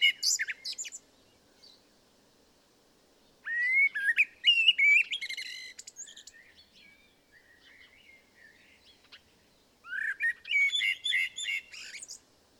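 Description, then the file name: Common blackbird delivering three separate phrases, each a mellow fluted warble mixed with thin high squeaks, with quieter gaps between. "Turdus merula"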